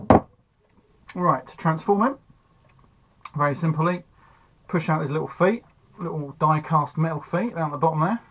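Someone talks while starting to transform a Transformers G1 Megatron robot toy, about to push out the small die-cast metal feet at the bottom of the figure. A short sharp sound opens the clip at 0.1 s, and the rest is handling under the talking. Nothing has seated or clicked into place yet.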